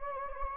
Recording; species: mosquito wingbeat signal from an infrared sensor; Anopheles gambiae